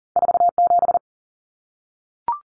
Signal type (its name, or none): Morse code